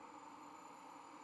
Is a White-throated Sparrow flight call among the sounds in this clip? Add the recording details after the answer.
no. No flight call is heard. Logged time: 00:01 on 31 October 2014